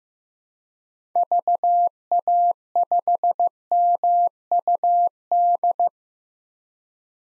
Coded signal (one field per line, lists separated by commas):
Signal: Morse code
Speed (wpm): 16 wpm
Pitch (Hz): 700 Hz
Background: none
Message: VA5MUD